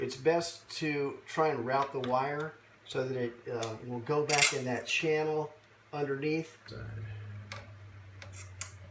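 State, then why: Not seated. Someone talks while routing the damper motor wire so it can go back in the channel underneath, then handles its plug at the connector on the mini split indoor head unit, with a low hum and a few light ticks near the end. The clip ends before the connector goes home; nothing has seated or clicked yet.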